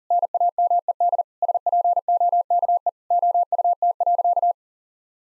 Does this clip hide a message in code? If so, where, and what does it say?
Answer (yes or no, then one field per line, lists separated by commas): yes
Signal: Morse code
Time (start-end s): 0.1-4.5 s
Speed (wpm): 40 wpm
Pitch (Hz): 700 Hz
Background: none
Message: NAMED SPOKE OUT.